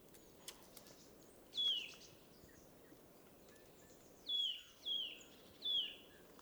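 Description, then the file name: Eurasian nuthatch calls: one clear descending whistled note, a gap, then three more similar notes, over soft background hiss. "Sitta europaea"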